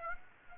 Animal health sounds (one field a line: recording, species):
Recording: mosquito wingbeat signal from an infrared sensor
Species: Aedes aegypti